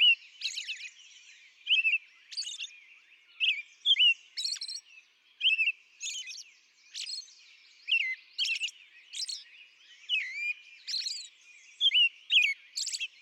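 American robin giving a continuous series of warbled whistled phrases and high, scratchy notes, slightly softer but steady throughout.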